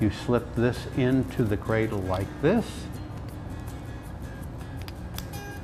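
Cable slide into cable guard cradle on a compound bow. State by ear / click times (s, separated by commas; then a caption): seated / 4.9 s, 5.2 s. On a compound bow, an archery cable slide fitted with its foam and offset sleeve is slipped into its plastic cradle on the cable guard while someone talks. After the talking stops, two sharp snaps at 4.9 s and 5.2 s show the slide seating into the cradle on both sides.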